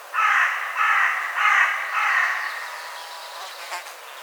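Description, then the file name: Carrion crow giving four rapid harsh caws in a row, then quiet with a brief faint click near the end. "Corvus corone"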